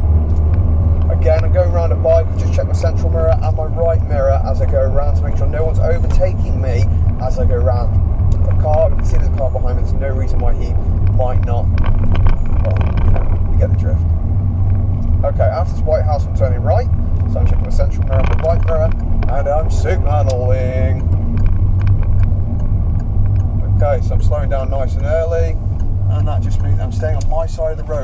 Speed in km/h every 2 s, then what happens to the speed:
23, 23, 26, 27, 29, 29, 27, 26, 26, 27, 29, 27, 23, 16.
0-8 speeds up to 29. 8-20 steady at about 27. 20-28 slows to 16.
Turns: none.